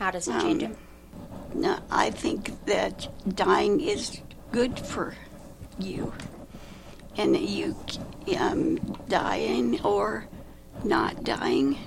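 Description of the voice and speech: Slow, halting speech from an adult with aphasia after a stroke or traumatic brain injury: long pauses, drawn-out fillers and fragmented phrases. The aphasia affects the ability to share stories.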